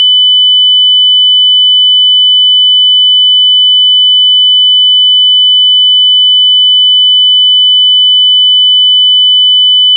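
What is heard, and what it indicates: A steady, unbroken, high-pitched pure tone near 3000 Hz, used as a test tone for determining tinnitus pitch.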